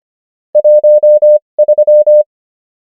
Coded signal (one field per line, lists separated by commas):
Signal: Morse code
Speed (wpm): 25 wpm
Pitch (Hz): 600 Hz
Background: none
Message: 13